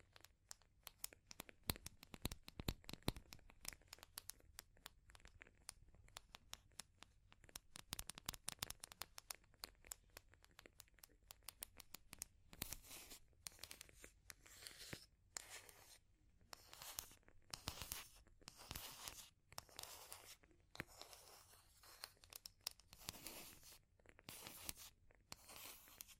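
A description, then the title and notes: Fire crackling, tapping and scratching: dense sharp clicks fill the first twelve seconds, then longer rough scratching bursts repeat every second or two. ASMR for PURE Relaxation and Sleep Fire Crackling, Tapping, Scratching(No Talking).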